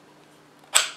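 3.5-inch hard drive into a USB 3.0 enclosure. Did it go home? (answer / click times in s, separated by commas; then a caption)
yes / 0.8 s. A 3.5-inch hard drive is slid into a plastic USB 3.0 enclosure until it clips into place. After quiet low background noise, one sharp click is heard at 0.8 s, followed by a short fading tail. The drive is confirmed seated in the enclosure.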